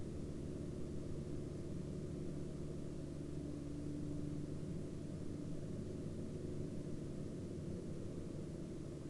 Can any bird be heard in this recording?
no